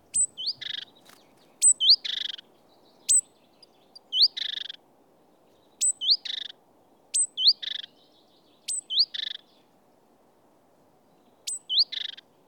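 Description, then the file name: Great tit calling repeatedly, several phrases built from a sharp high note, a curling whistle and a dry buzzy churr. "Parus major"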